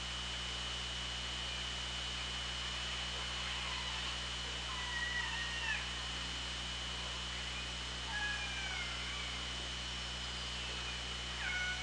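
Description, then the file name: Killer whale calls: several short bending tonal calls from about five seconds to the end, with a continuous hiss and hum beneath. Hydrophone at OrcaLab, 24 August 2017, 18:23. "Orca Lab UTLN JASON 20170824 182356"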